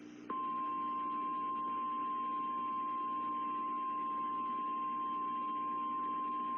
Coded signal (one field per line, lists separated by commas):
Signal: Emergency Alert System (SAME) tones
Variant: 1050 Hz attention tone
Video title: Menomonie WI Severe Thunderstorm Warning WXJ88 7 24 PM NOAA EAS 5 9 22